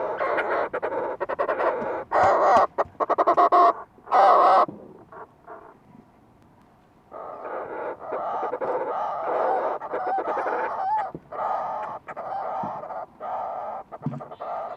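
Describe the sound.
Fulmar prion giving harsh, throaty, pulsed cackling calls in rapid bursts, a loud stretch near the start, a brief lull, then steady chattering to the end.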